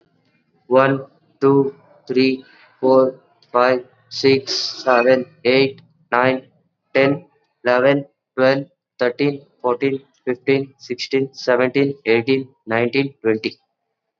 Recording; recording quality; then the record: counting at a normal pace; excellent, no background noise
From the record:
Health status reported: COVID-19 positive, mild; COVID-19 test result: positive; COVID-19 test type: RT-PCR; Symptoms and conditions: cough, fever, fatigue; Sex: male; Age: 18 years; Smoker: no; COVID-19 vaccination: both doses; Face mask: worn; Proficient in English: yes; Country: India